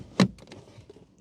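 A plastic headlight switch unit on a Vauxhall Corsa D (Opel Corsa D) is slid back into its opening in the dashboard and snaps into place with one loud, sharp click at 0.2 s. A few faint ticks and rattles follow as the switch settles. The switch is seated and clipped in.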